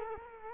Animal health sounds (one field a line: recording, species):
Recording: mosquito wingbeat signal from an infrared sensor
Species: Culex quinquefasciatus